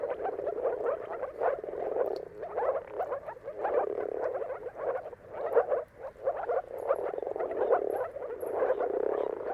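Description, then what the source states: Moor frog mating chorus, a dense mass of soft, low bubbling calls in pulsed bursts that swell and fade, many frogs calling together. Chorus of moor frog mating calls at sunrise, at the turn of March and April, timing depending on the weather.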